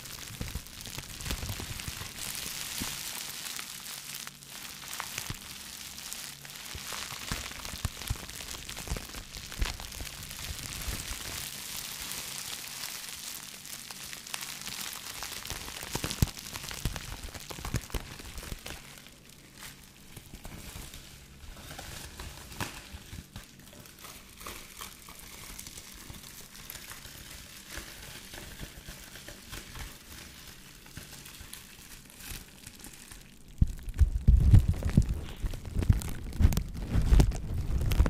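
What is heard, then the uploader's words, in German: Crinkling and rustling of bags and foil, dense and crackly through the first twenty seconds, softer afterward, then a loud low rumble near the end. Crinkle Sounds. Knistern und Rascheln durch Tüten, Folien und mehr.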